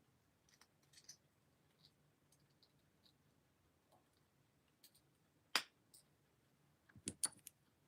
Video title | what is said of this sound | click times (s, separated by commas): Killer Queen 👑Antique Jewelry Sale 3/1/26 Victorian Jet Gold Sterling #antiquejewelryforsale | Listen how that glass snaps back in there. | 5.6 s